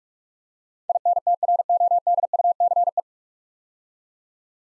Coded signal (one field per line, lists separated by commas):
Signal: Morse code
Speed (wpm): 44 wpm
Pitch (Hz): 700 Hz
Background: none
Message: INTRODUCE